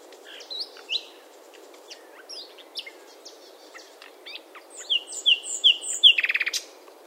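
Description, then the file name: Common nightingale song: soft varied notes, then four loud descending whistles repeated in a row, closing with a quick rattling trill. "Luscinia megarhynchos"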